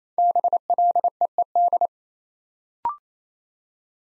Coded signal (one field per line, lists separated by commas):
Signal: Morse code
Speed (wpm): 27 wpm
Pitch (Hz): 700 Hz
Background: none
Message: BLEED